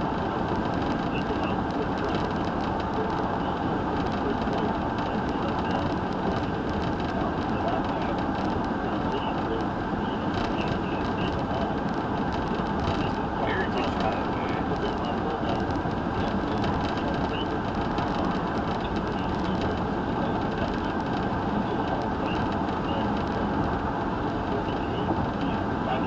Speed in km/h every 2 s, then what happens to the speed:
111, 111, 111, 111, 111, 111, 109, 111, 111, 111, 111, 111, 109.
0-26 steady at about 111.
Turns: none.